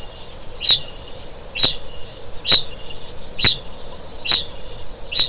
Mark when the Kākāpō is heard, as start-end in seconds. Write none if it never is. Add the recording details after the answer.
0.00-5.29. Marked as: faintness 3/5. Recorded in New Zealand. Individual Stumpy